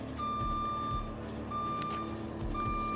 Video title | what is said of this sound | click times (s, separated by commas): First start on a Dirt bike after the winter. | know if you can hear that but it makes another click and that'll reduce the times | 1.8 s